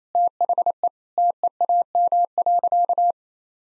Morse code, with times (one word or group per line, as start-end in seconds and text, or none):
0.1-0.9 THE
1.2-3.1 TEAM.